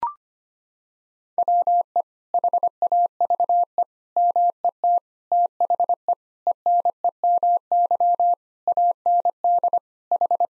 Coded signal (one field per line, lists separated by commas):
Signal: Morse code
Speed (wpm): 25 wpm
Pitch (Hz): 700 Hz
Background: none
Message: WE HAVE MET THE ENEMY AND H